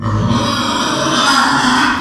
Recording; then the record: squeal of a Yucatan mini pig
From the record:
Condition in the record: after surgery on the right vocal fold (resection and tissue-engineered implant); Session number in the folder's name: 16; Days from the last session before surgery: 183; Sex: female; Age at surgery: 19 weeks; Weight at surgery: 25 kg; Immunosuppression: prednisolone